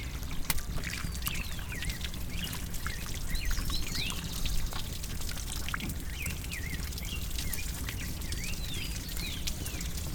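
Water is poured out to drain off a little of it, a steady, continuous splashing rush that lasts the whole stretch, with small bird chirps twittering faintly above it and no one talking.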